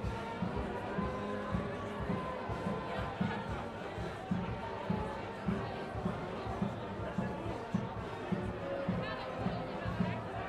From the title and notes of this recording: Traditional goose riding ceremony, Belgium. It is mainly goose riding on horseback that is concerned. Recorded by Tony van Dorst.